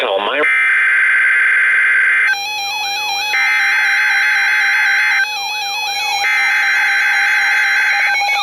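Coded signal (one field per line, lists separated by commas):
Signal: Emergency Alert System (SAME) tones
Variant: header bursts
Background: speech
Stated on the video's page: Severe thunderstorm warning from a weather radio station in Milwaukee, WI.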